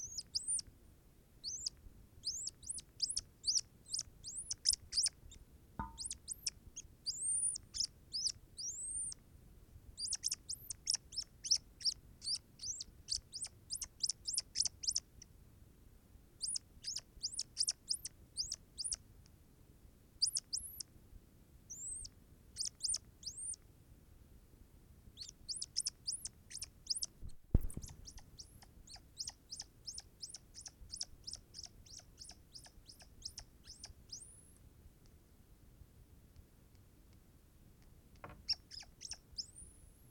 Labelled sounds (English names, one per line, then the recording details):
Hazel Dormouse
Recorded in captivity
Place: Zoologisches Institut der HUB, Berlin, DE
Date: 1969-11-22
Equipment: Studioanlage
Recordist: TSA